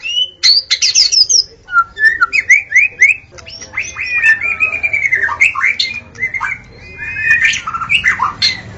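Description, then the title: White-rumped shama in full song: varied, melodious phrases mixing sharp chips, long sliding whistles and rapid warbles. Wild forest bird; original natural song. "Kicau Asli Murai Batu Hutan"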